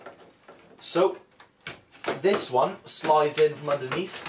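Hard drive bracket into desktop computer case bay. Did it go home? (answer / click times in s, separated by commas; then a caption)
no / none. A hard drive bracket is slid in from underneath into a drive bay of a Power Mac G4 desktop computer case while someone talks. Faint handling taps and scrapes come through, with one sharper knock near 1.7 s. The bracket has not locked into place yet, and nothing has seated or clicked.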